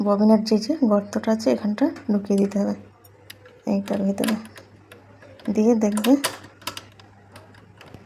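A metal bobbin is being handled and pushed toward its bobbin case on a sewing machine while someone talks. Light clicks and taps from the handling are heard around 4.9 s, 5.2 s, 6.7 s, 6.8 s, 7.4 s and 7.8 s. The clip ends just before the bobbin goes home, and nothing has seated or clicked into place yet.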